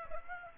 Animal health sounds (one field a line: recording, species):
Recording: mosquito wingbeat signal from an infrared sensor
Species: Aedes aegypti